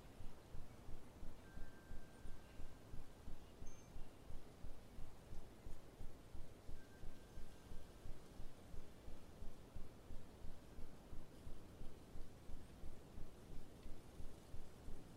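Wind rushes steadily with a dense, low rumble that swells and eases in a quick, regular pulse about twice a second. A few thin, sustained bird-like whistles appear, one near the start and another around eight seconds, with a brief high note between.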